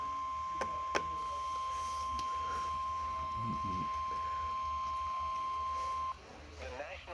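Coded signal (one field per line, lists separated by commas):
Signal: Emergency Alert System (SAME) tones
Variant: 1050 Hz attention tone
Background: speech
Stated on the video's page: Weather radio severe thunderstorm warning alert.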